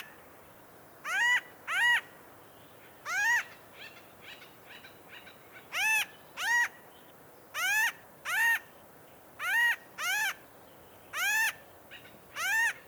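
Bird calls: clear, ringing, arched notes that rise and then fall, often given in pairs, repeated irregularly about thirty times a minute over a soft hiss.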